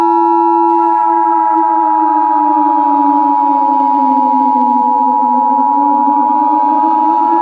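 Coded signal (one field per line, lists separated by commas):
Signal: Emergency Alert System (SAME) tones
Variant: 853 and 960 Hz attention tone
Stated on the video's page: Simulated EAS alert tones in a fictional scenario about murderers on the loose.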